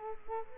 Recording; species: mosquito wingbeat signal from an infrared sensor; Culex quinquefasciatus